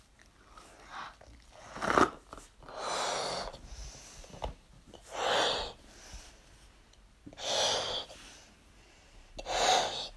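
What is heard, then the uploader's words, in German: Someone blowing up a balloon, with strong, breathy puffs of air arriving about every two seconds, each lasting around a second. Short sharp clicks or snaps fall between some puffs, and quiet hissy breaths fill the gaps. Ich puste ein Ballon auf.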